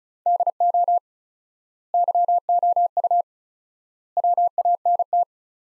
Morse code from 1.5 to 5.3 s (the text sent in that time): YOU WANT